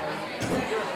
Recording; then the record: coughing mixed with background sound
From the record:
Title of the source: Spring Cold Coughing.